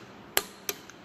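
A torque wrench set to 110 Nm is pushed down on a vehicle fastener and gives a sharp, bright click at 0.4 s, confirming the fastener has reached torque and is tight. A second crisp tick follows at 0.7 s and a faint one at 0.9 s over a quiet background.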